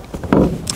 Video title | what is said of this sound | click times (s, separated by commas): Jaguar XK 140 DHC, 1955, aus 2. Hand! Sensationelle Restaurierungsarbeit! | you notice how it snaps | 0.3 s, 0.7 s